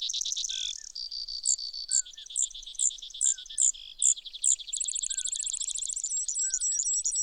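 Brewer's sparrow song, high rattling trills broken by a run of sharp high chips, then more fast trills; lower slurred whistles of another bird in the background.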